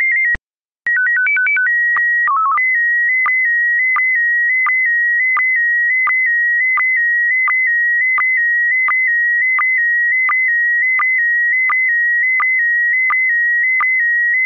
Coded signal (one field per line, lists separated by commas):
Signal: SSTV (slow-scan television)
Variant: PD 90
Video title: Daily Minutes, 6 April 2019. (Including today's Slow Scan Radio!!)